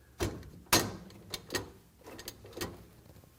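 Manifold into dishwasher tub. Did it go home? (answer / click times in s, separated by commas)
yes / 0.7 s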